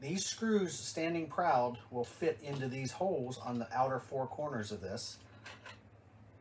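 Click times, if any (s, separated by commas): 5.5 s, 5.7 s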